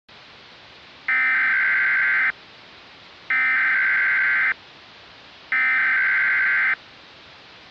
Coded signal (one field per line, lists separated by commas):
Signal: Emergency Alert System (SAME) tones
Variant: header bursts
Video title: EAS MOCK - Windy City Tornado (READ DESCRIPTION)